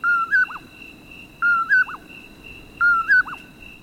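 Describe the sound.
Common Poorwill repeating its three-part whistled call three times, each a flat note, a higher rising note and a dropping slur, spaced about 1.4 seconds apart, with a constant high-pitched drone.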